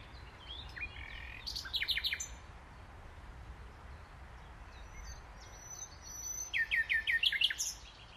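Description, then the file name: Common nightingale song: two short bursts of high, rapid, repeated notes separated by several seconds of quiet, over a low steady background rumble. "Luscinia megarhynchos"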